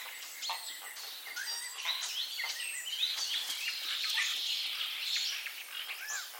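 Common starling chatter, a varied, busy mix of wheezy whistles, clicks and creaky notes, rising and falling quickly without a steady rhythm.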